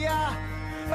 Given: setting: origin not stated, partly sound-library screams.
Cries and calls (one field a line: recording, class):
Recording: one-second piece from a danger detection set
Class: normal situation